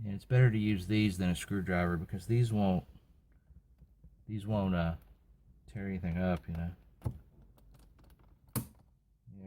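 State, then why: Released. Someone talks while using a plastic pry tool instead of a screwdriver, so nothing gets torn up, to pop an interior trim panel off a GX460 SUV during a brake controller install. After a few faint ticks, a plastic trim retaining clip releases with a sharp, loud snap at 8.6 s. The clip is freed from the panel.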